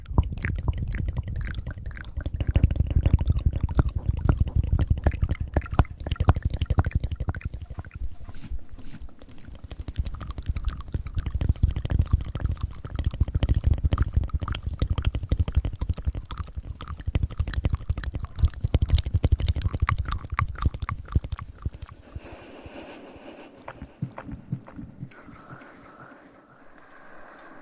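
Fast, wet mouth sounds: a dense stream of quick clicks, smacks and pops over a low, rumbling undertone, rising and falling in bursts for about twenty seconds. Near the end the clicking thins out into softer, breathier sounds and fades quieter.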